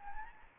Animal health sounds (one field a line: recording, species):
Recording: mosquito wingbeat signal from an infrared sensor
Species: Anopheles gambiae